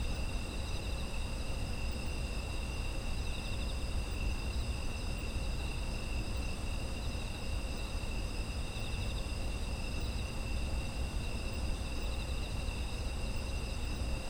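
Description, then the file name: Continuous high insect trills from several callers blend into one steady chorus over a deep, constant background rumble. Autumn insect ambience, presented as background sound. "秋の虫の環境音"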